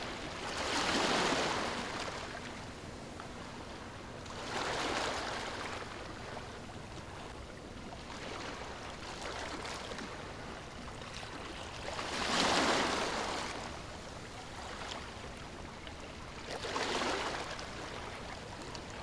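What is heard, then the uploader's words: Waves break on a shore roughly every four seconds, each a bright hissing surge over a steady low wash of water. Relaxing Crashing Waves Under The Moon. Moonlit waves meet sandy shores.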